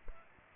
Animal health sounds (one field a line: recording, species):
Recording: mosquito wingbeat signal from an infrared sensor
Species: Aedes aegypti